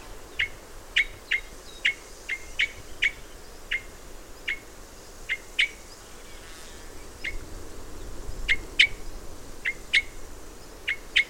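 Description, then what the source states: Red crossbill giving clipped, emphatic chip calls in a steady series throughout. Red crossbill of call type N.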